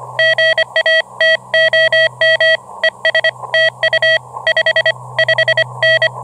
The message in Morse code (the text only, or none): GA TOM ES TU 55N